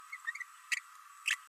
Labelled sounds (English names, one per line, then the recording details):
Green-rumped Parrotlet babbling
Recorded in a nest box in Venezuela
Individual 18B104A5